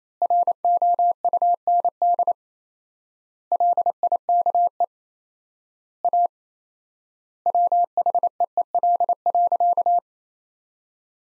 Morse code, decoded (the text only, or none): ROUND LIKE A WHEEL.